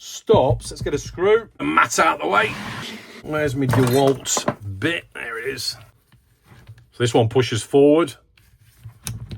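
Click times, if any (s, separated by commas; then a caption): 9.1 s. A DeWalt screwdriver bit is pushed into an impact driver's quick-release hex chuck, which pushes forward and then locks the bit in place with a sharp click at 9.1 s. Someone talks throughout, with a few faint taps just before the click.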